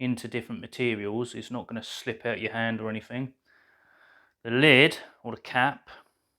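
A plastic protective cap is being handled at the probe end of an EWM02 handheld moisture meter while someone talks. Speech fills most of the clip, with a brief quiet hiss around 3.4–4.4 s. The cap has not seated or clicked onto the probe end yet.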